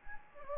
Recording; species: mosquito wingbeat signal from an infrared sensor; Anopheles gambiae